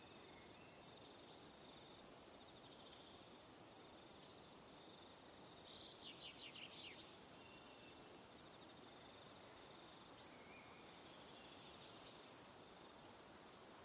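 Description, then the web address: Crickets chirping in a steady high pulsing trill, with a brief burst of descending high notes midway. Crickets chirping in the evening. "calm calmplus sounds Calm - Evening Crickets"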